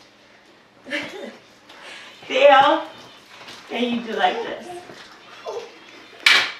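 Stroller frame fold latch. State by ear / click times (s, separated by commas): seated / 6.3 s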